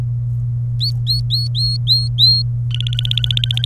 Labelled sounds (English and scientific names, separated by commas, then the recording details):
Domestic Canary (Serinus canaria) song
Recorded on 27 April 2018 at 14:04
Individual llb3